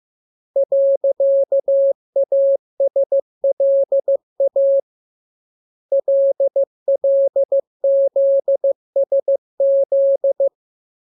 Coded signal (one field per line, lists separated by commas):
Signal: Morse code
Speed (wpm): 15 wpm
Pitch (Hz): 550 Hz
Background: none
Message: .ASLA LLZSZ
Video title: Learning Morse Code. Lesson 16. Letter KMURESNAPTLWI.JZ=